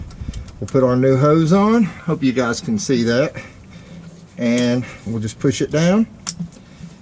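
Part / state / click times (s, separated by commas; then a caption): evap hose quick connector onto vapor canister vent solenoid port / seated / 6.3 s. On a Chevy Colorado/GMC Canyon, during a P0449/P0446 repair replacing the vapor canister vent solenoid valve, a new evap hose's plastic quick-connect fitting is pushed down onto the vent solenoid port while someone talks. Faint ticks come near the start, and then a sharp click at 6.3 s marks the connector locking in place, fully seated.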